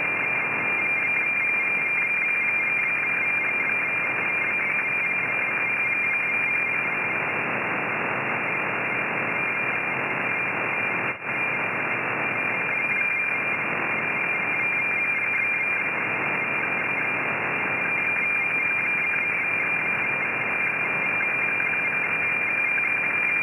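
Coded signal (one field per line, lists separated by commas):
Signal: weather fax (radiofax)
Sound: steady high tone with broken warbling dashes under a constant hiss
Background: radio static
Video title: WeFax Valparaiso. Playa Ancha Punta Arenas Chile. 17. 144 Khz. Copiado En Buenos Aires. Argentina.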